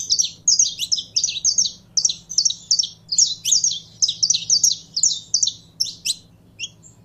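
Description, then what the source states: Belgian canary song: fast, rolling high-pitched trills and chirps in quick bursts, nearly continuous. Song of a purebred Belgian canary.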